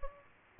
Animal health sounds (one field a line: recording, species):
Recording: mosquito wingbeat signal from an infrared sensor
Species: Aedes aegypti